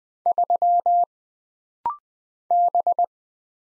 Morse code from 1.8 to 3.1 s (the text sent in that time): B